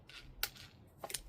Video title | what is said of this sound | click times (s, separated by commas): WHY DOES TOM LOOK SO SURPRISED ??? | and it clicks out. | 0.4 s